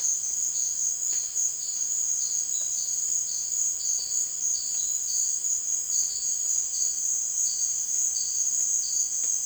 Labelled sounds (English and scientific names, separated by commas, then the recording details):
none
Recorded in dense forest near Puerto Asís, Putumayo, Colombia, on 9 March 2025 at 16:30
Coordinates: 0.481, -76.323
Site G088